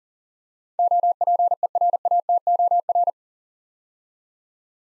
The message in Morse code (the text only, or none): OPERATOR